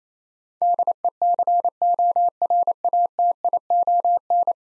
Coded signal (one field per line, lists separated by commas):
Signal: Morse code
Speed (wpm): 28 wpm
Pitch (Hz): 700 Hz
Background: none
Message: DECORATION